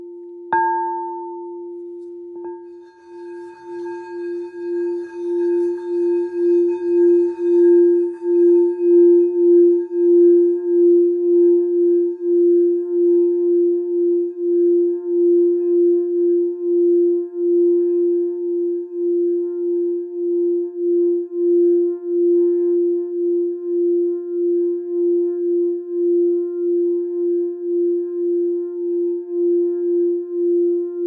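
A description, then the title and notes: A gong is struck once near the start, giving a bright initial ring with higher overtones that fade within a few seconds. A low, steady hum then sustains for the rest of the half minute, pulsing in a slow, regular wobble as it gradually decays. Gong.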